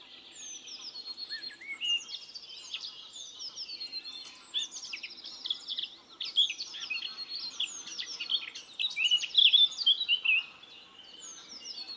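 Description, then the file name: Eurasian blackcap song, a long stretch of busy, varied warbling with scratchy chatter and clearer whistled notes. "Sylvia atricapilla"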